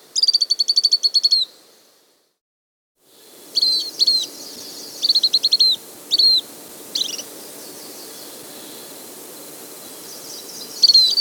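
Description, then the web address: Lemon-browed flycatcher calls: rapid buzzy trills around high pitch, repeated in short bursts after a silent gap, with steady faint background hiss. Andes, South America. "Natures Songs S America Andean Birds. Lemon-Browed Flycatcher (Conopias Cinchoneti)"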